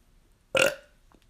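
A single short burp from an adult man, lasting about a quarter second, sudden in onset with a voiced, resonant, throaty quality that fades quickly. It is a small eructation, a release of gas from the stomach after a couple of ham sandwiches with mustard and ketchup and tea, possibly from the mustard. The room is otherwise quiet.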